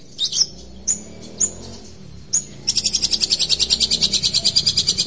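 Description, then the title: Long-tailed shrike song: a few sharp separate notes, then a rapid buzzy high trill of repeated pulses. Champion singing bird; song. "Kicau Burung Cendet Juara"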